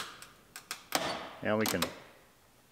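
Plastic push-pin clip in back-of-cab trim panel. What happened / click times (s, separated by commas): The push-pin trim clip popped out / 0.9 s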